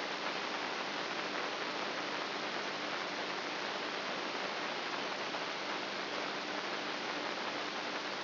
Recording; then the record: brain microelectrode recording played as sound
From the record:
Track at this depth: inside the subthalamic nucleus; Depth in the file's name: 0.441 mm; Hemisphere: right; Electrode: 3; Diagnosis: Parkinson's disease